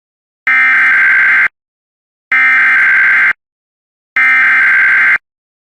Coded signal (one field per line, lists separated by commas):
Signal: Emergency Alert System (SAME) tones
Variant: header bursts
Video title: Eas alerts